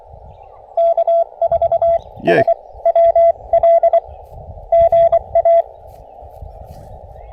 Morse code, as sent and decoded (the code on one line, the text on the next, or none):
-.- ....- ... .-- .-.. / --. .-
K4SWL GA